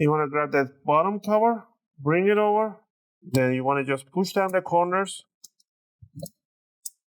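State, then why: Seated. The plastic bottom cover of an ASUS TUF A15 FA507RF laptop is pushed down at the corners onto the laptop chassis after someone talks. Sharp snaps are heard at 5.5, 6.3 and 6.9 seconds as the cover's snap clips engage and it seats home.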